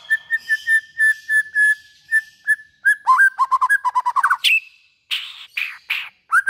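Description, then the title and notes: White-rumped shama song: clear whistled notes near one pitch repeated steadily, then a fast series of lower whistles and harsh, buzzy bursts toward the end. Lure (pikat) call for white-rumped shamas, from a long-duration recording. "Pikat Murai Batu Durasi Panjang. Burung Murai Batu"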